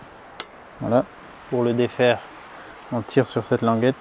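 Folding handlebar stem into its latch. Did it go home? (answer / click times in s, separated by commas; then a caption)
yes / 0.4 s. The raised folding handlebar stem of an ENGWE L20 SE folding electric bike is pushed up until it clips into its latch, giving one sharp snap at 0.4 s. The stem is seated in the latch, and someone talks afterward.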